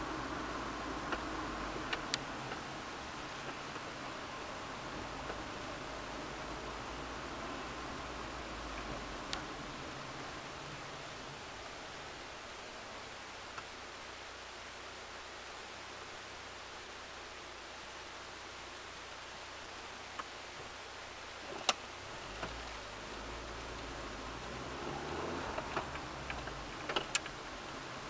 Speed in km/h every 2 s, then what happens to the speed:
32, 20, 19, 22, 16, 11, 2, 0, 0, 0, 0, 0, 17, 15.
0-2 brakes to 20. 2-7 steady at about 20. 7-12 brakes to 2. 12-22 standing. 22-24 pulls away to 17.